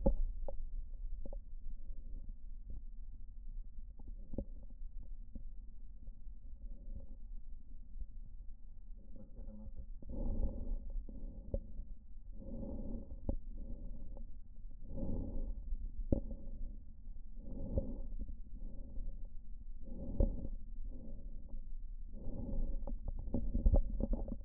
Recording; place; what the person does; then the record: lung sounds by stethoscope; right posterior basal chest; quiet breathing, then deep breathing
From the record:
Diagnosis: interstitial lung disease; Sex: female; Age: 70 years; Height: 160 cm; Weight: 93 kg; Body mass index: 36.3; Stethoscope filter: diaphragm mode